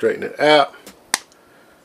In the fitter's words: locks in place, and then what we're going to do is push down on it here,